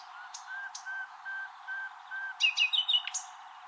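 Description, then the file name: Common nightingale song: several soft, drawn-out whistled notes, then a sudden burst of loud, varied, rapid whistles and trills. "Luscinia megarhynchos"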